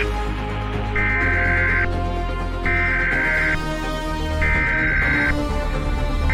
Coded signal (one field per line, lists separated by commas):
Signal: Emergency Alert System (SAME) tones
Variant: header bursts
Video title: Doctor Who: The Unified Incursion | An EAS Simulation